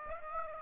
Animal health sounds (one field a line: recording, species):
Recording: mosquito wingbeat signal from an infrared sensor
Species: Aedes aegypti